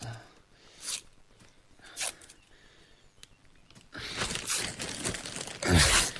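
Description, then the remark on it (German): Two short, sharp rips of sticky tape, then a longer stretch of continuous tape being pulled and unrolled, ending in a loud, harsh tearing burst, as adhesive tape is wrapped around a person's hips and legs. “Du musst auch um die Oberschenkel, Knie, Waden und Knöchel verkleben. Spar bloß nicht am Klebeband, das können wir neu besorgen.”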